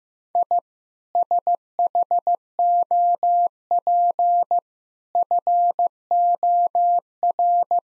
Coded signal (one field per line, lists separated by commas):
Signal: Morse code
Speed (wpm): 15 wpm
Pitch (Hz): 700 Hz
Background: none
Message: I SHOP FOR